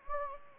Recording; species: mosquito wingbeat signal from an infrared sensor; Anopheles gambiae